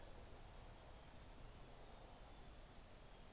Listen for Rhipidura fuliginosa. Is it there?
yes